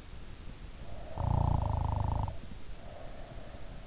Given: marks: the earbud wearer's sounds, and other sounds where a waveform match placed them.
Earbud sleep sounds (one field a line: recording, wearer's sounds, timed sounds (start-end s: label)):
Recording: sounds in sleep by an in-ear microphone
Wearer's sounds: snoring breath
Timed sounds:
0.92-3.78 s: snoring breath